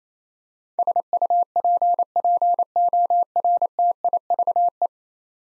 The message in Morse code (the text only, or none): SUPPORTIVE